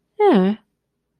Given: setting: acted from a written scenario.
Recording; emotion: vocal sound without words; neutral